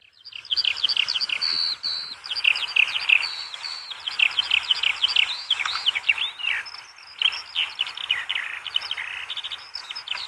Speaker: En dan zei hij tegen mij, kom manneke, we gaan naar de veldleeuwerik luisteren.